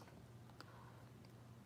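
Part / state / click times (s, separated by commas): ball-hump shaft into plastic mount of an RC crawler / not seated / none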